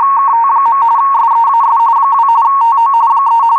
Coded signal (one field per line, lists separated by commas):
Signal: RTTY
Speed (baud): 45.45 baud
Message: KT. SEAS 2 TO 3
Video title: WLO 8472 KHZ USB RTTY Weather Broadcast using MultiPSK and Winradio Excalibur Pro